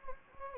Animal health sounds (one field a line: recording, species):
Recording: mosquito wingbeat signal from an infrared sensor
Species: Anopheles gambiae